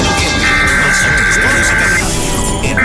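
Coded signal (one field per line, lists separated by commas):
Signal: Emergency Alert System (SAME) tones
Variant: header bursts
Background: speech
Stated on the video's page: EAS tests.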